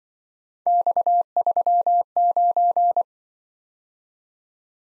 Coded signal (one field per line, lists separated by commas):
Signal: Morse code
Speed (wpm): 24 wpm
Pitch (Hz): 700 Hz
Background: none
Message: X39